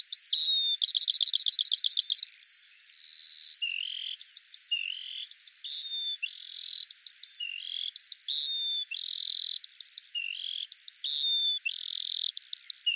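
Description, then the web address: Eurasian skylark singing continuously, high and twittering, mixing quick trilled bursts with short sustained whistles and buzzy notes in a restless, varied flow. "Deverinetal 2025 File cleaned normalized Bird Al Ar"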